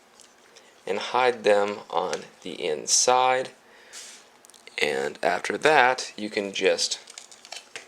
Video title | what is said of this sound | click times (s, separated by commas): Transformers: Earthrise War for Cybertron Voyager Class Starscream Action Figure Review | it like so you'll hear that snap okay | 7.8 s